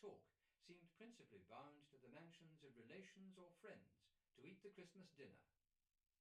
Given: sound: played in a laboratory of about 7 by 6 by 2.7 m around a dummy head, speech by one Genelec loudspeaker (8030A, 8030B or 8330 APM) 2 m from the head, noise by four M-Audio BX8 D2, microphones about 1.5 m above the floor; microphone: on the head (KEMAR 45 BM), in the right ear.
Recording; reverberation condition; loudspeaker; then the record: male speech in English; low; 120 degrees to the left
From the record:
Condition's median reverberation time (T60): about 310 ms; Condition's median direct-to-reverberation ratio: about 3.5 dB